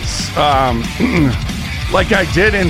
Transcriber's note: clears throat